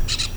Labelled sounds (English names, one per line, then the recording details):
Brown-throated Parakeet contact call
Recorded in Venezuela
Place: Cerro Saroche, Hato Dalmatela, Edo. Lara
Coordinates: 10.149, -69.534